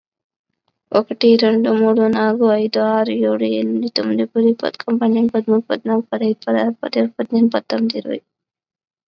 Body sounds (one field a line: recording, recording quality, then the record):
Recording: counting at a fast pace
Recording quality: excellent, no background noise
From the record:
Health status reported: COVID-19 positive, moderate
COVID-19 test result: positive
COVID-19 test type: rapid antigen test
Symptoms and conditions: cough, fever, fatigue, muscle pain, another condition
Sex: female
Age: 19 years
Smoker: no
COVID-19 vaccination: one dose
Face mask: worn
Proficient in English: no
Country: India